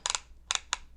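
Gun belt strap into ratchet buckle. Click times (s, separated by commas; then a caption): 0.5 s, 0.7 s. A gun belt strap is pushed into a ratchet buckle, giving a quick burst of small clicks near the start followed by two sharp, bright clicks at 0.5 s and 0.7 s as the buckle's teeth engage. The belt is seated and locked in at that size.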